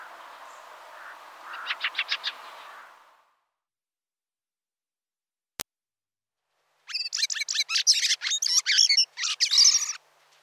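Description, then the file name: Fieldfare harsh chatter: a faint run of rasping notes over background hiss, a click, then a loud dense burst of scratchy chacking calls. "Grive litorne"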